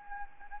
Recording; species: mosquito wingbeat signal from an infrared sensor; Anopheles gambiae